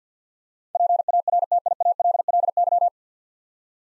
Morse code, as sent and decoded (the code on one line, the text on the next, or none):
.--. .- .-. - .. .- .-.. .-.. -.--
PARTIALLY